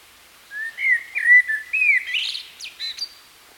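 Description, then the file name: Common blackbird with a warbled fluting phrase of several slurred whistles, ending in a couple of sharp, high squeaky notes. "Turdus merula"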